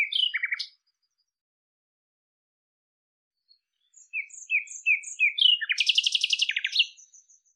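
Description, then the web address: Bird calls: a quick burst of bright chirps, a pause of about three seconds, then a run of short buzzy notes building into a dense rapid chatter. "cianscape birddata Deverinetal 2025 Bird Lu Me Lu Me"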